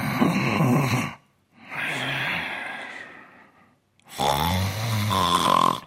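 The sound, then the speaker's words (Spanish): A voice imitates snoring in three drawn-out rounds: a rattling, throaty inhale, a breathy exhale, then a louder, buzzing snore with a vibrating tone, each separated by short silences. “Voy a hacerle roncar.”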